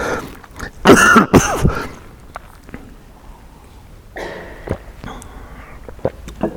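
Two harsh, explosive coughs from an adult man in quick succession, recorded in a large hall during a sermon, then quiet room noise and faint throat sounds.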